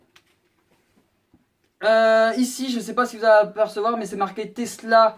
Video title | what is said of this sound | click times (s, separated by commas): La Box Tesla Wye 200W par Teslacigs ! | ça, hop, ça s'enclenche comme ceci. | 0.2 s